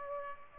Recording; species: mosquito wingbeat signal from an infrared sensor; Aedes aegypti